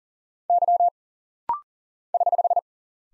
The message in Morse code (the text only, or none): Y <HH>